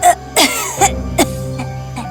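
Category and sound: human body sound, old woman coughing heavily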